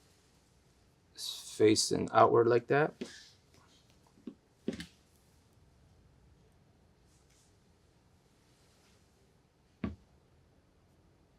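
Someone talks while a valve seat is oriented facing outward for assembly into the valve body of an FX Crown MKII air rifle, followed by a few brief, quiet handling taps around 4.3, 4.7, 4.8 and 9.8 seconds. The seat has not yet seated or snapped into place by the end.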